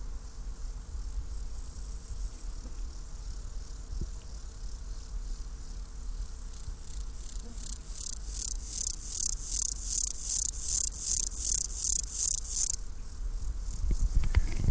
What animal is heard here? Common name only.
Steppe Grasshopper